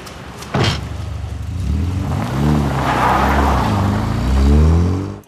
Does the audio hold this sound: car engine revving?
yes